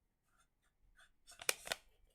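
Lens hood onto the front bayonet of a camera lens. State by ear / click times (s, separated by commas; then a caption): seated / 1.5 s. A plastic lens hood is twisted onto the front bayonet of a camera lens after being lined up with its alignment mark. Soft scraping and rustling build up, then the hood snaps into place with a sharp click at 1.5 s, followed by another smaller click. The hood is seated on the lens.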